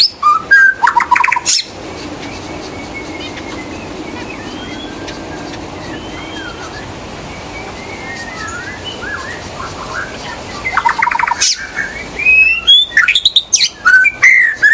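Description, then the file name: White-rumped shama song: a brief loud burst of whistles and trills at the start, a long quiet stretch of faint whistles, then more varied loud phrases near the end. In the forest. "murai batu di hutan"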